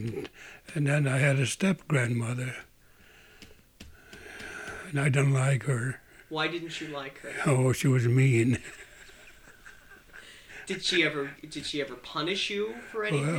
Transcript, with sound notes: Adn then I had a step-grandmother, and I didn't like her.
Why didn't you like her?
Oh, she was mean. ( he laughs )
Did she ever, did she ever punish you for anything?